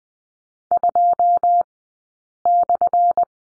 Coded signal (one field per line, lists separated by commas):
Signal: Morse code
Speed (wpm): 20 wpm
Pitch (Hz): 700 Hz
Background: none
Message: 2/